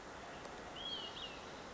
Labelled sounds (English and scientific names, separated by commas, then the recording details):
Olive-sided Flycatcher (Contopus cooperi)
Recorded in Sonoma County, California